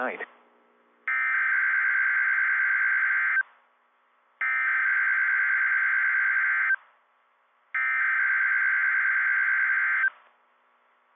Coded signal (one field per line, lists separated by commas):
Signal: Emergency Alert System (SAME) tones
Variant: header bursts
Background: speech